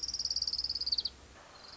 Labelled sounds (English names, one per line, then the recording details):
Orange-crowned Warbler
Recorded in Sonoma County, California